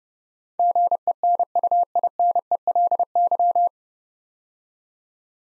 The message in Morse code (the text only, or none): GENUINELY